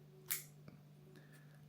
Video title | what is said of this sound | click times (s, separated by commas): INSTA360 ACE PRO 2 - THOROUGH WATERPROOF TESTS with a lens cap which is supposed to be that way? | and you'll slide that into place to cover that orange tab and you'll hear a click. | 0.3 s